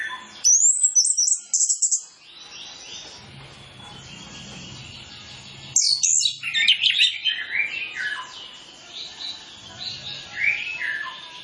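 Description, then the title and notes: Orange-headed Thrush delivering varied, jumbled whistled phrases in two bursts, with falling and rising notes and softer warbling toward the end. Lure training recording of full mimicry-filled song, played to prompt Orange-headed Thrushes to sing quickly and freely. "Masteran Anis Kembang Full Isian Untuk Suara Pancingan Anis Kembang Agar Cepat Ngeplong. Suara Burung Anis Kembang"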